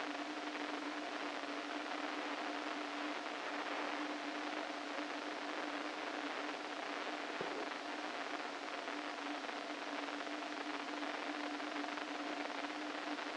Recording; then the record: brain microelectrode recording played as sound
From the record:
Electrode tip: inside the subthalamic nucleus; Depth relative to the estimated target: -4 mm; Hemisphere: right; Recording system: NeuroSet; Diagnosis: Parkinson's disease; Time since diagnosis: 13 years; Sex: male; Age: 49 years